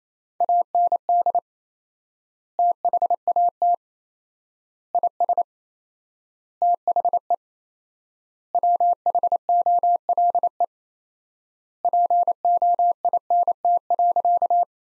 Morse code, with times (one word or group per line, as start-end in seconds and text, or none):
0.4-1.4 AND
2.6-3.7 THAT
4.9-5.4 IS
6.6-7.3 THE
8.5-10.6 WHOLE
11.8-14.6 POINT.